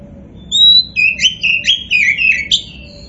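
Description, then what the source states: Oriental magpie-robin singing a rapid string of sweet, varied whistles that drop and rise, ending with a sharp upward note. Kacer poci variety, described as gacor (singing vigorously).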